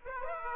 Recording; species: mosquito wingbeat signal from an infrared sensor; Aedes aegypti